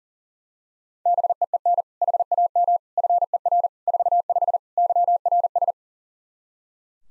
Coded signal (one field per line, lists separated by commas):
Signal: Morse code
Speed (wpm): 40 wpm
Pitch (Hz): 700 Hz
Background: none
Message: BEEN HAM FER 45 YRS